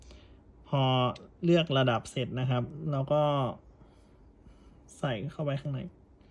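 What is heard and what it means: The adjusted strap end of a Gucci digital watch is handled and being inserted into the strap clasp lock while someone talks, with a couple of faint ticks at the very start. The clip ends before the strap end goes home, so nothing has seated or clicked yet.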